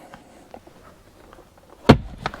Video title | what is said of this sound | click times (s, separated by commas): How To Update Vehicle Infotainment Navigation Maps on a Camaro! 🗺 | push it until it snaps into place and then I'm gonna get this console closed up | 1.9 s